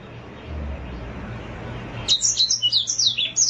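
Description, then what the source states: Oriental magpie-robin song: after about two seconds, a quick run of high, slurred whistles and chirps begins and continues to the end, over a low background hum. Long-duration chirping.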